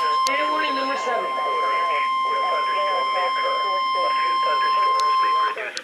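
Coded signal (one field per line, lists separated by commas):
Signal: Emergency Alert System (SAME) tones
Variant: 1050 Hz attention tone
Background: speech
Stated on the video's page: Severe thunderstorm and tornado warnings received on NOAA Weather Radio.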